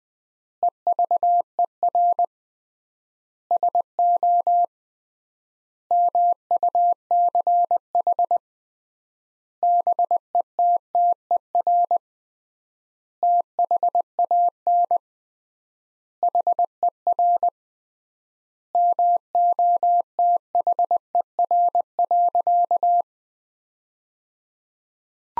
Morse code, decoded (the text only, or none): EVER SO MUCH BETTER THAN HER MOTHER.